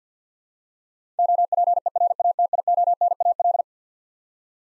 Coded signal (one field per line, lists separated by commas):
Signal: Morse code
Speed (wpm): 50 wpm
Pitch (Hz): 700 Hz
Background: none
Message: OPERATIONAL